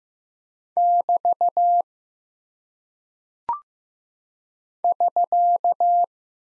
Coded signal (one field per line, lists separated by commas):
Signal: Morse code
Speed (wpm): 15 wpm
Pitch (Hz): 700 Hz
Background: none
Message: <BT> <SK>